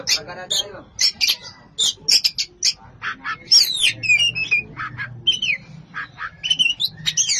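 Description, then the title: Oriental magpie-robin song of rapid staccato chips mixed with short whistled slurs and sweeps, delivered in a quick uneven rhythm throughout. "Kacer"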